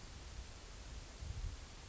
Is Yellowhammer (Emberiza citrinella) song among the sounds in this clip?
no